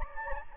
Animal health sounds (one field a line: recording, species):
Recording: mosquito wingbeat signal from an infrared sensor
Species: Anopheles gambiae